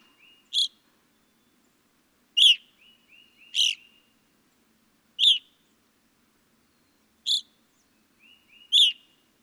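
Evening grosbeak giving loud, sharp, burry chirps at irregular intervals, with soft short whistled notes trailing between some calls.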